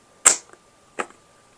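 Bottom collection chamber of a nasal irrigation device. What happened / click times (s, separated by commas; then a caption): Plastic chamber clicked open / 0.3 s. A Navage nasal irrigation system's bottom plastic collection chamber is unlatched from the base and clicks open at 0.3 s, releasing it. A second, softer click follows at about 1.0 s, along with faint small taps. No one talks.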